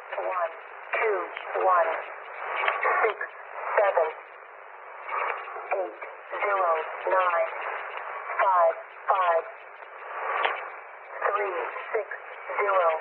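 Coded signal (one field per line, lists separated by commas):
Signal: numbers station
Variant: E05 Cynthia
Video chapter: 2:34 - Agent ID 351 018808z March 2002 Count 80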